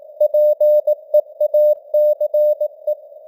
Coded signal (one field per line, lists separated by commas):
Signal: Morse code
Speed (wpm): 18 wpm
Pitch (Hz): 600 Hz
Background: none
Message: PEACE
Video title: Morse Code News | 2025-11-23 | 18wpm